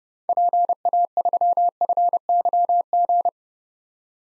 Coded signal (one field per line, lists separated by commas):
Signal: Morse code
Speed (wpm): 30 wpm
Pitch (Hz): 700 Hz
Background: none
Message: PA3FYG